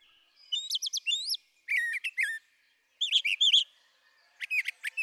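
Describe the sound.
Brown thrasher singing a string of varied phrases, rising whistles and rapid chirped notes, most given in doubled or tripled groups with brief gaps between.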